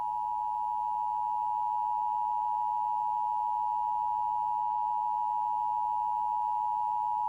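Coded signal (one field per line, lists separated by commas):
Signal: Emergency Alert System (SAME) tones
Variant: 853 and 960 Hz attention tone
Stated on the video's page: Fictional tornado EAS scenario made as a horror short.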